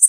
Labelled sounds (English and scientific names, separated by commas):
Worm-eating Warbler (Helmitheros vermivorum) flight call